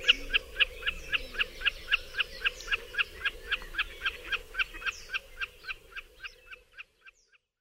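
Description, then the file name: Common snipe uttering a rapid, regular run of clipped ticking calls, about four per second, that gradually fade away toward the end. "Kszyk"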